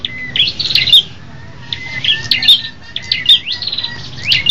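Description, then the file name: Tailorbird song: short bursts of high, sharp chirping notes roughly every second or so, separated by brief pauses, over a low background hum. Red-headed type, several birds singing together as a group. "prenjak kepala merah ombyokan omkicau"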